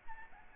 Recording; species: mosquito wingbeat signal from an infrared sensor; Aedes albopictus